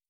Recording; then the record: hydrophone in a shrimp aquaculture tank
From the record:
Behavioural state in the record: starved